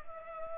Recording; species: mosquito wingbeat signal from an infrared sensor; Culex pipiens